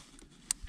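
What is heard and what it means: On a retry after no click was heard the first time, a filter, one meant to be changed every 30 hours, is pushed back into its housing. A faint tick comes at 0.2 s, then a sharp, loud click at 0.5 s, followed by a soft low thump near the end. The filter seats home at 0.5 s.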